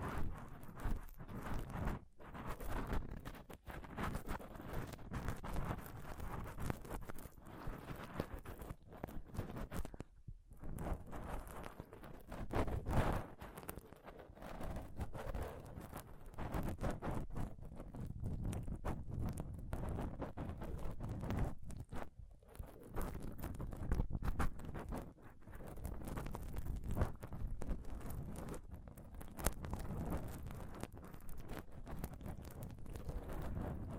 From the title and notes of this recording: ASMR Intense Mic Scratching & Touching Close-Up Mic Sounds (No Talking).